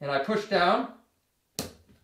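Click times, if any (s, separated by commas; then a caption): 1.6 s. Someone talks for the first second. After a pause, a DDR4 memory stick is pressed down into slot one of a motherboard DIMM slot, and its plastic locking tab clicks shut with a sharp snap at 1.6 s. The stick is seated.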